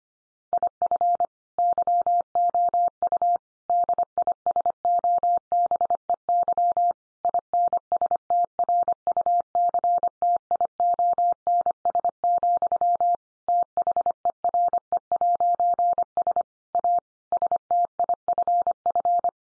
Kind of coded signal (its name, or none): Morse code